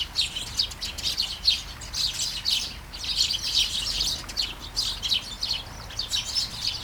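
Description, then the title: Sparrows giving a lively flurry of short, high chirps in quick succession over a faint background hiss. Sparrows flying in a garden in Taastrup, Denmark, early morning during a light shower; recorded with a Sony PCM-D100, internal microphones. "Kærengen 8, 2630 Taastrup, Denmark - Flying sparrows"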